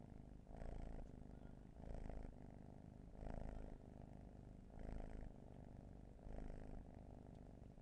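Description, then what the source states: Cat purring with clear pulses, louder bursts repeating roughly every one and a half seconds as it breathes. Long purring session.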